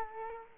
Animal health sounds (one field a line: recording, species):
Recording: mosquito wingbeat signal from an infrared sensor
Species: Culex quinquefasciatus